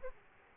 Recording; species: mosquito wingbeat signal from an infrared sensor; Aedes aegypti